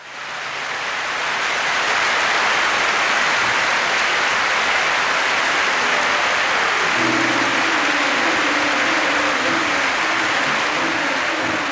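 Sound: audience applause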